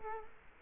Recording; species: mosquito wingbeat signal from an infrared sensor; Culex quinquefasciatus